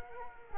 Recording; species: mosquito wingbeat signal from an infrared sensor; Culex quinquefasciatus